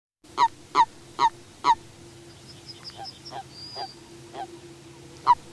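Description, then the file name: Common toad calls: four short, nasal croaks at a steady pace, then softer repeated notes with a faint whistle and a low steady hum beneath. "varangy"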